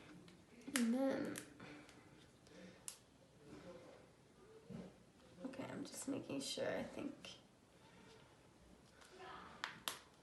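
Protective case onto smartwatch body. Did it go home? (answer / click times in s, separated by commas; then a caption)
yes / 9.6 s, 9.9 s. A hard plastic and TPU protective case with a built-in screen protector is pressed onto a smartwatch body while someone talks, with light handling taps along the way. The case snaps into place with two sharp clicks at 9.6 and 9.9 seconds, and it is seated.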